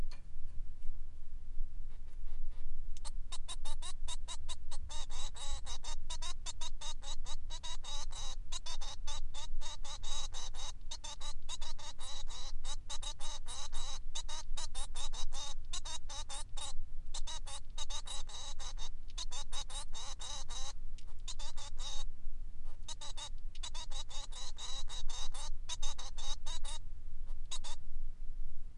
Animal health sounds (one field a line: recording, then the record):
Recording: song of a male Bengalese finch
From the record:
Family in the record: son of father 3